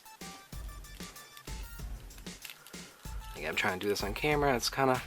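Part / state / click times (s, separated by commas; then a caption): plastic harness clip into action figure torso / not seated / none. The other side of a plastic harness vest is pressed onto a Marvel Legends Crossbones action figure's torso, with short plastic handling knocks while someone talks over background music. Nothing has clicked or seated yet.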